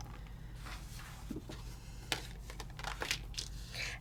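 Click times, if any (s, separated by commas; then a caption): 2.1 s. A thin metal craft cutting die is laid onto a paper panel that was already debossed with the same design and drops into the recessed impression, clicking into place at 2.1 seconds. Paper crinkling and handling rustles continue around it, with several lighter taps afterward. The die is seated in the debossed cardstock.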